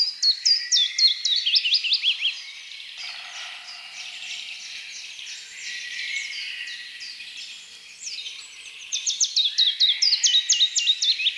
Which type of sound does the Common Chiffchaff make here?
song